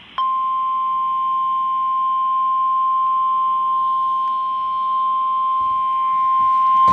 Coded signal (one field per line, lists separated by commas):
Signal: Emergency Alert System (SAME) tones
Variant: 1050 Hz attention tone